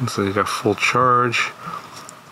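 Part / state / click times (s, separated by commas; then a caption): wireless mic receiver into charging case slot / seated / 2.1 s. A wireless mic receiver is pressed into its slot in a plastic charging case while someone talks. After the talking fades, one short sharp click at 2.1 seconds marks the receiver snapping into place, seated in the case.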